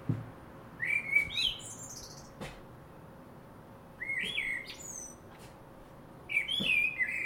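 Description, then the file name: Common blackbird giving three separate song phrases, each a mellow rising warble capped by a high squeaky twitter, spaced a few seconds apart. "Turdus merula"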